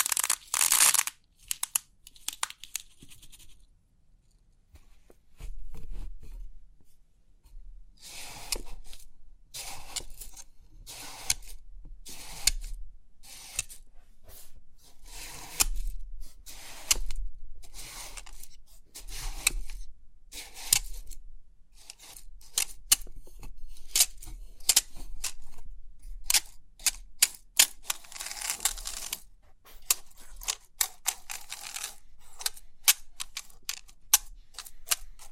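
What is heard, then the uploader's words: Crisp pin art sounds: quick clicking and rustling bursts that come in uneven clusters, with short pauses between them. The clicks are bright and sharp, some runs dense and rapid, others sparse taps, over a faint low rumble. A quiet gap falls around four to five seconds. Crisp 3D Pin Art Tingles(No Talking).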